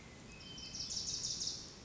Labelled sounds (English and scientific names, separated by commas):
Wilson's Warbler (Cardellina pusilla)